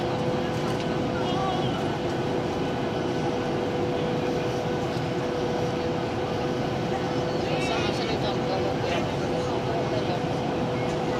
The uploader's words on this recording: TUIFly Nordic 737-800 landing Boa Vista Cape Verde. TUIFly Nordic 737-800 Approach, landing and taxi GVBA Boa Vista.